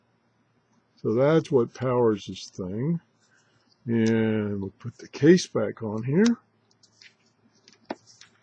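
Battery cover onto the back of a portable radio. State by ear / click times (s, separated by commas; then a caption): seated / 7.9 s. A plastic battery cover is refitted over the 3.7 V cell-phone style battery on the back of a Degen DE22 AM/FM/SW portable radio. Someone talks, then a few small clicks and handling taps follow. The cover snaps into place with a sharp click at 7.9 s.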